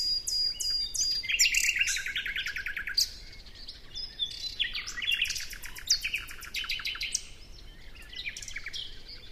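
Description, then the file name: Common nightingale song: rich, varied phrases of sharp chirps and rapid repeated notes, with a fast, even series of clicks. "Luscinia megarhynchos"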